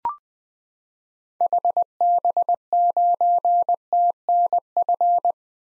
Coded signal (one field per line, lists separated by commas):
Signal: Morse code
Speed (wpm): 20 wpm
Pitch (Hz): 700 Hz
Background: none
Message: HB9TNF